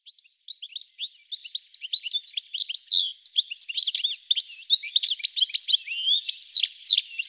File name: El Dulce Sonido de los Pajaros Cantando